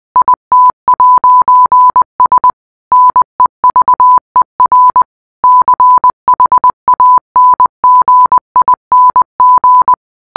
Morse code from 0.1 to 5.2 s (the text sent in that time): IT'S NEVER